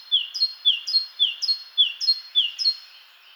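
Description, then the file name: Great tit repeating a steady two-note phrase, a lower note then a higher one, about every half second, five times in a row with no other sounds. "Parus major"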